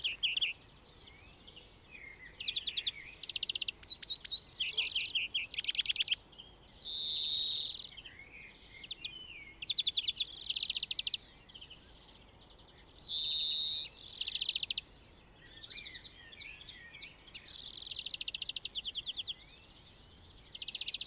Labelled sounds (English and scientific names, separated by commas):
European Greenfinch (Chloris chloris) song